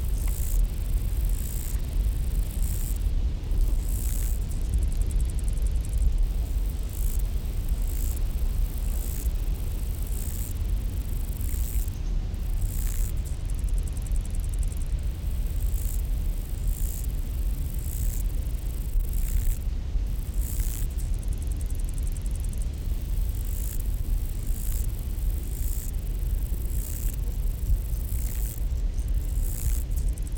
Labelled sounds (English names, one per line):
Lesser Marsh Grasshopper stridulation